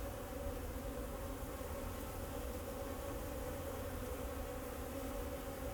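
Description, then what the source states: Bee: steady insect buzzing, an even low drone, with a deep rumble underneath. Bees flying around the recordist in Jacques Brelpark, Kersbeeklaan, Vorst, Belgium; train in background; recorded binaurally with a Sennheiser Ambeo binaural headset.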